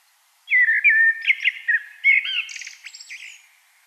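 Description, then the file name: Common blackbird song: a low, fluty warbled phrase of several mellow notes, ending in a higher, squeaky twittering flourish. "Turdus merula"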